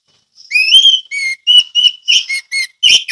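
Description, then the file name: Orange-headed thrush delivering a clear whistled phrase that rises slightly, followed by a string of short repeated whistled and chirping notes at a steady pace. Sung in the ngeplong song style. "anis merah ngeplong"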